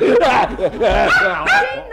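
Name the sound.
dog barking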